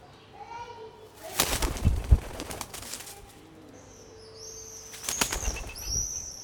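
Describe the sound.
Pigeon sounds: two bursts of noisy wing flapping with a soft, low, steady coo between them, plus thin high whistles.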